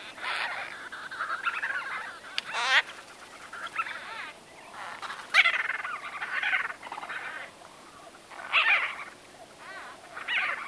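White-fronted bee-eater calls: bursts of rolling, nasal chattering notes, coming in clusters every second or two over a steady hiss.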